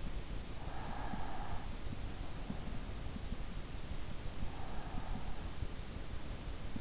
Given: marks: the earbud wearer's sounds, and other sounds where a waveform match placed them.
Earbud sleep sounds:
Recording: sounds in sleep by an in-ear microphone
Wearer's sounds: breath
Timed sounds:
0.85-2.33 s: breath
4.62-6.28 s: breath

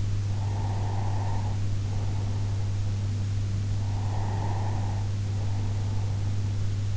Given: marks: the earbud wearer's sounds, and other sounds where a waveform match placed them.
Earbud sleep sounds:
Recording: sounds in sleep by an in-ear microphone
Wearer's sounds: breath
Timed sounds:
0.48-2.94 s: breath
3.91-6.46 s: breath

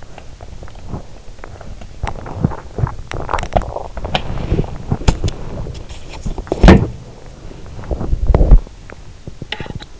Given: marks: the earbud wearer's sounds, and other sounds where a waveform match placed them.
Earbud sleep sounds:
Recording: sounds in sleep by an in-ear microphone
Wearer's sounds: swallowing, body movement, teeth grinding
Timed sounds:
0.00-3.08 s: swallowing
1.93-8.90 s: body movement
4.81-5.52 s: teeth grinding
6.25-7.09 s: teeth grinding
7.70-8.65 s: teeth grinding
8.84-9.99 s: teeth grinding

